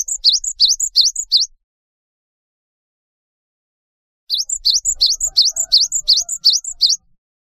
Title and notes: Kicau Burung Gelatik